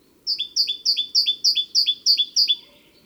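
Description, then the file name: Great tit singing a rapid series of about eight paired notes, each a sharp high note dropping to a lower one, evenly repeated, against a quiet background. "Parus major"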